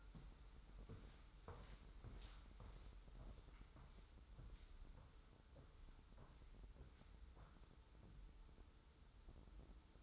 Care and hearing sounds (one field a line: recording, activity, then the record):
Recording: daily activity, microphone in the room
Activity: walk to room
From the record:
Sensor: 3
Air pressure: 994.3 hPa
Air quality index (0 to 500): 203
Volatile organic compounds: 1000 ppm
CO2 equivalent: 6750 ppm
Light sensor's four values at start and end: 95/222/91/84 and 95/222/91/85